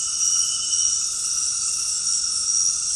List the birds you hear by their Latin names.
none